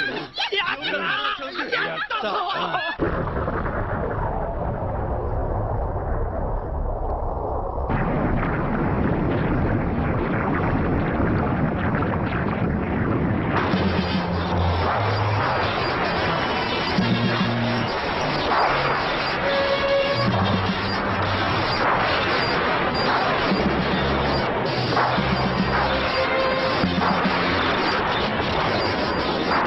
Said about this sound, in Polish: Włożyłem w ten atak za mało energii. Bałeś się, że eksplozja zabije również ciebie.